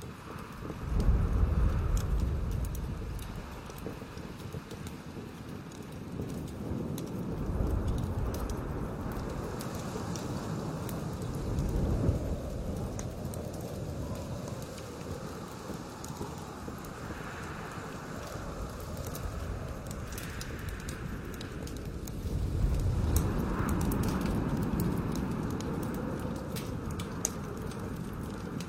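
Strong wind batters a tent in a mountain snowstorm, a constant low roar with fabric hiss and rattle over it. Heavier gusts swell around the start, near eight and twelve seconds, and again from twenty-three seconds, easing between them without ever stopping.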